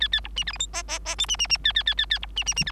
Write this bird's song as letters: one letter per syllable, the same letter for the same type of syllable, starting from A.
A A B C D E F G G G H C C C A A A A A B C C C D